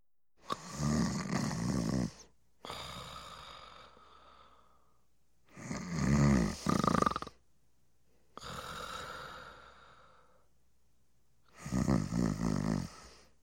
Male nasal and throaty snore.